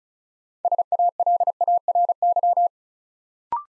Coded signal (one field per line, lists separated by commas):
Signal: Morse code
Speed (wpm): 36 wpm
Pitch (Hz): 700 Hz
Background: none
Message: SALARY